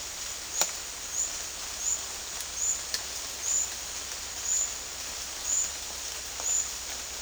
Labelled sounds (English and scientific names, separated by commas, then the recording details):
none
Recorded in dense forest near Puerto Asís, Putumayo, Colombia, on 18 February 2024 at 13:30
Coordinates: 0.485, -76.318
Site G6408